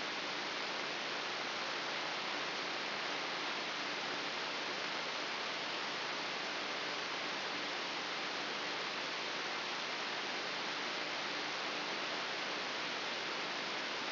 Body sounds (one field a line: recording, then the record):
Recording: brain microelectrode recording played as sound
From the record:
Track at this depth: inside the subthalamic nucleus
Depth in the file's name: 3.298 mm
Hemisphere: left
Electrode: 3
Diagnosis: Parkinson's disease